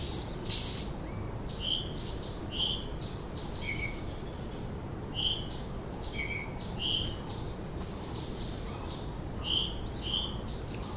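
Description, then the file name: White-tailed flycatcher gives sweet whistled notes and quick upward-swept slurs, spaced about a second apart, with a lower note now and then. "flycatcher-white-tailed -Cyornis-concretus"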